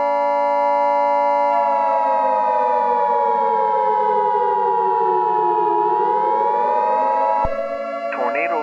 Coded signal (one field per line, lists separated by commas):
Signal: Emergency Alert System (SAME) tones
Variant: 853 and 960 Hz attention tone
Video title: The black spiral EAS scenario